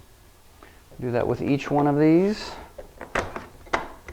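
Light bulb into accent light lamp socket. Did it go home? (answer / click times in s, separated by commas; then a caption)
yes / 3.7 s. A light bulb is fitted into the socket of a MyStudio AL2 accent light lamp, with the bulb's grooves lined up with the socket's prongs and given a quarter turn. Someone talks, then several small handling taps follow. A sharp click at 3.7 s marks the bulb twist-locking into place.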